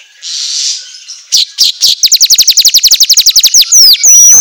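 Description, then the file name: Asian golden weaver song, a short buzz, then a fast series of many clipped notes and a few whistled sweeps. Song recording meant for training songbirds to sing constantly ('auto gacor'). "Suara Kicau Manyar Kepala Emas Auto Gacor"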